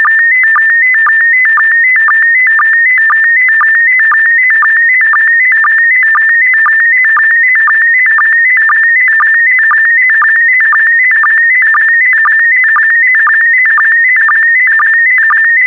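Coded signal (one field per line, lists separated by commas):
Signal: SSTV (slow-scan television)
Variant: PD120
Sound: warbling tone stepping between pitches, with a short low blip about twice a second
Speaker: transmission complete you can now check your decoded image against the picture that is shown on the video that concludes the daily transmission of slow scan tv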